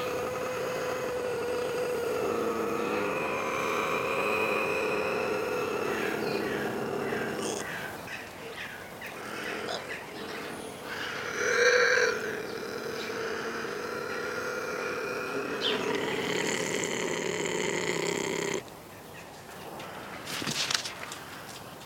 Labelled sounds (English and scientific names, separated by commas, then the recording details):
Bobcat (Lynx rufus)
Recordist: Tembrock, Günter